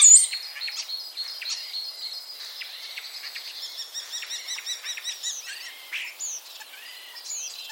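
Common starling calls, varied whistles, clicks and rattling trills, with a rapid patterned rattle midway and a few sweeping whistles near the end.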